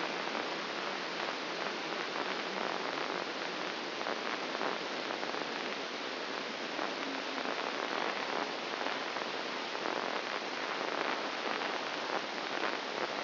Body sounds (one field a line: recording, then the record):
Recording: brain microelectrode recording played as sound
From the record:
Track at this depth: inside the subthalamic nucleus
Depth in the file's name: 5.101 mm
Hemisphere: left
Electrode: 2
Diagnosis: Parkinson's disease